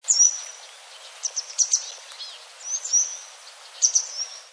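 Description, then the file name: Grey Wagtail giving sharp, thin, very high call notes in short bursts of one to three, repeated roughly every second, over a faint background hiss. "kisekirei"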